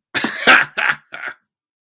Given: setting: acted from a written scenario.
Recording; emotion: vocal sound without words; amusement